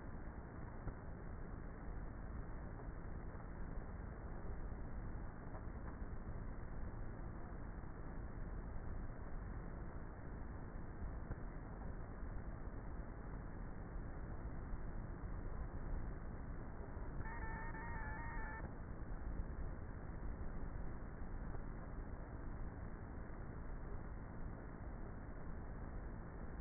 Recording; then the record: honeybee colony, microphone inside the hive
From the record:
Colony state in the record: queenless with a low population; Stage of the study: before two queens were removed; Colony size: about 30,000 bees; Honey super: no